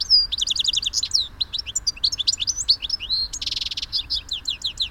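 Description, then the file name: European goldfinch giving rapid, liquid twittering calls, bright tinkling notes tumbling in quick succession with a brief buzzy burst near the middle. "Carduelis carduelis"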